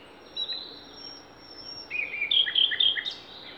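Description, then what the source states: Songbird song, a faint high note early on, then a louder burst of quick bright chirps and short slurred notes near the end. Songbirds singing in Demerje forest on 28 April 2020.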